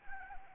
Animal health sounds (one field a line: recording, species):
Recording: mosquito wingbeat signal from an infrared sensor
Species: Anopheles arabiensis